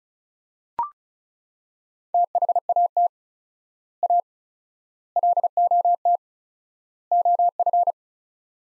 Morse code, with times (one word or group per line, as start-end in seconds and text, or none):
2.1-3.1 THAT
4.0-4.2 A
5.2-6.2 LOT
7.1-7.9 OF